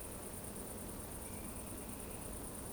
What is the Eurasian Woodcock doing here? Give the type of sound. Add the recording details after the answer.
whistle. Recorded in Baden-Württemberg, Germany, on 25 June 2020 at 20:19 UTC. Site 14569, 102 m above sea level